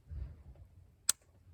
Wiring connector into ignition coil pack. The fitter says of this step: put the connector back in until it clicks,